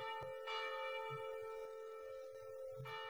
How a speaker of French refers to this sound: Il écoutait moins celle-ci, et à mesure, il entendit davantage les cloches.